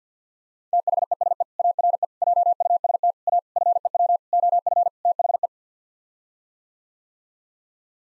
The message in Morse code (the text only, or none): THESE ARE JUST A FEW OF THE